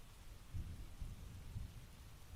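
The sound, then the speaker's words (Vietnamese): Steady rain hisses across the whole spectrum while low, rolling rumbles of thunder swell and fade beneath it, with no voices present. “Bữa nay tụi mình quyết định để tiếng mưa làm cho nó mới mới nghe. Có cả tiếng sấm nữa các bạn.”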